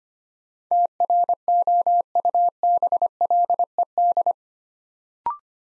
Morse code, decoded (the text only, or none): TROUBLED